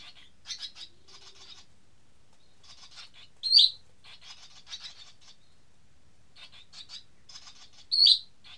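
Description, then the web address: Bird song of clustered high ticking chirps in bursts, twice punctuated by a loud looping whistled note, with quiet pauses between phrases. "Bird Only"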